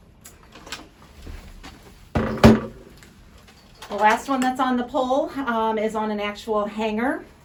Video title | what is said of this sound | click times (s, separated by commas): New Braun Infusion Pump Overview | And you'll hear a click. | 2.4 s